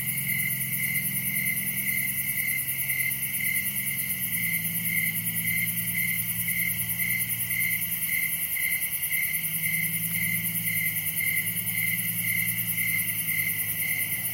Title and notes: Summer night in Dell Creek state wildlife area. This sound was recorded at night in a wooded area during the summer. Crickets are the main act here. Recorded by Daniel Braun. Part of the Music for Sleep project